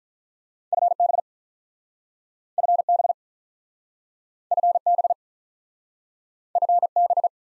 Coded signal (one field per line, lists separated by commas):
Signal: Morse code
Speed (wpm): 47 wpm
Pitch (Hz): 700 Hz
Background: none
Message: FB FB FB FB